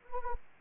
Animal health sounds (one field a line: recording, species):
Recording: mosquito wingbeat signal from an infrared sensor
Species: Anopheles gambiae